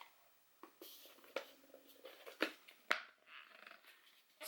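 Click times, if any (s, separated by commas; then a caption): 2.9 s. Plastic parts are pressed together into the collection cup of a Medela Hands Free Pump in Style breast pump while it is being reassembled after washing. Several soft plastic knocks and rubs lead to a sharp click at 2.9 s. The click is weak, but the parts still feel sealed.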